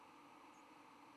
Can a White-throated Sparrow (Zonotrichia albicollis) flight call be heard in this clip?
no